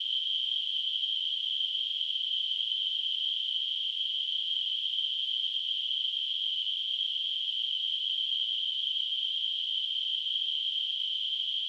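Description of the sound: A simulated tinnitus sound.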